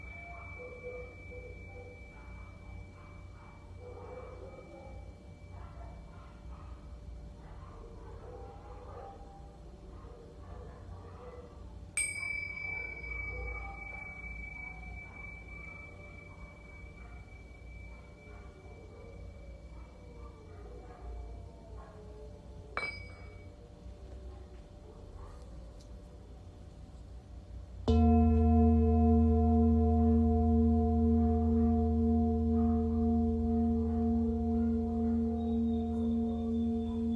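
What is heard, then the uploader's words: A Tibetan singing bowl is struck loudly at about 28 seconds, then rings with a deep, steady, layered hum that fades only slowly to the end. Before that, a quiet, faintly ringing tone holds, with a small tap near 12 seconds and a brief click around 23 seconds. Tibetan Singiing Bowl.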